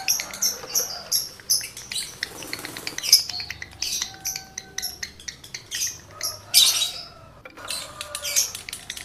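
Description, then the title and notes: Lovebird chattering song: energetic high, buzzy twitters and sharp squeaks repeated in fast bursts, with brief pauses between phrases. Male lovebird in breeding condition, singing; the recording is used to stimulate other lovebirds to sing continuously. "Birahi Lovebird Jantan ke Gacor. Pancingan Suara Lovebird jantan birahi"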